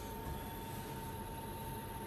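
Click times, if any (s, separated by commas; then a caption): none. A cap hoop is handled and pressed onto the cap driver of a Pro maker 15 multi-needle embroidery machine, working toward the second latch of its three-click mounting mechanism. A steady broadband rumble with a faint constant tone near 900 Hz runs throughout, with no sharp sounds. Nothing has seated or clicked yet.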